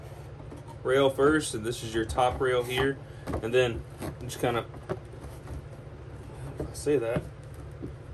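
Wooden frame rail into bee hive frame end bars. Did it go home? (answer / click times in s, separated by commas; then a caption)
no / none. A wooden top rail is handled and positioned over the end bars of a bee hive frame in an assembly jig while someone talks, with a steady low hum underneath and a few faint knocks. Nothing has seated or clicked into place yet.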